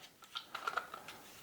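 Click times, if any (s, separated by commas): none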